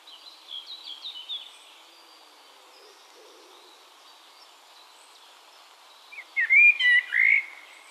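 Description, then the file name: Eurasian blackbird phrase: after faint chirping from other birds, a loud burst of warbled, fluty whistles with twisting notes arrives near the end. "Turdus merula"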